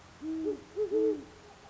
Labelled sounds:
Great Horned Owl
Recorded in Sonoma County, California

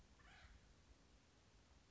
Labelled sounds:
Acorn Woodpecker
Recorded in Sonoma County, California

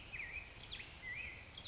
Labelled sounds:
Black-headed Grosbeak
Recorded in Sonoma County, California

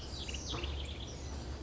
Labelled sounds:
House Wren
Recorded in Sonoma County, California

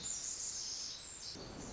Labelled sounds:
Pacific Wren
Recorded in Sonoma County, California

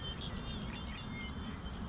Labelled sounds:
Savannah Sparrow
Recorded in Sonoma County, California

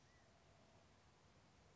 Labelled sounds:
California Quail
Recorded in Sonoma County, California

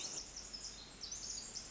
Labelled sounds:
Pacific Wren
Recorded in Sonoma County, California

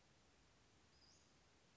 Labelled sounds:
Western Flycatcher
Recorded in Sonoma County, California

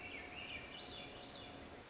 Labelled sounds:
Swainson's Thrush
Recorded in Sonoma County, California

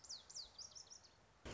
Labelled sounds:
Lazuli Bunting
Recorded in Sonoma County, California

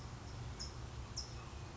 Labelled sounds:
California Towhee
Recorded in Sonoma County, California

